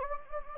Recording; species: mosquito wingbeat signal from an infrared sensor; Anopheles gambiae